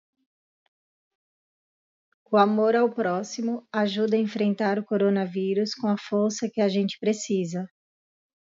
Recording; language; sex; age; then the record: spoken sentence; Brazilian Portuguese; female; 30 to 39 years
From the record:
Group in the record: control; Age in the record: 34 years